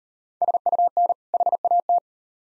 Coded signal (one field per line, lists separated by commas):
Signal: Morse code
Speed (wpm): 38 wpm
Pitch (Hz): 700 Hz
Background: none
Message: SUN HAT